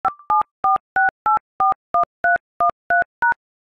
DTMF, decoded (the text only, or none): 5746841313#